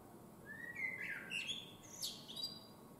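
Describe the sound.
Common blackbird singing a low, mellow fluted phrase that rises and falls, followed by a brief high, squeaky twitter.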